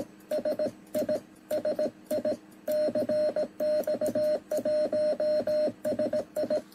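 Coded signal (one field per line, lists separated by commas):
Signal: Morse code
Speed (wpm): 17 wpm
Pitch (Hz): 610 Hz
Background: radio noise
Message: SI SI CX1SI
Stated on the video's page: Morse received and tested on a QRP 8-band HF SDR radio.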